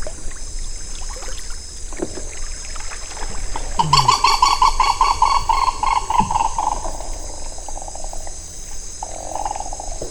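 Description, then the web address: Bird giving a rapid run of harsh, evenly spaced clucks midway, among scattered lower calls and a constant high electrical whine with background noise. "BIRD 2015 small 50 CLASSES SABIOD 50 bird 2015"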